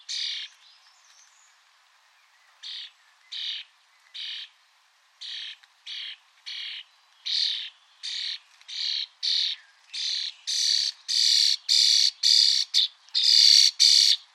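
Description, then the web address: Bird calls begin soft and sparse, then build into a fast series of loud, harsh squawks that grow stronger toward the end. "Deverinetal 2025. Bird Only"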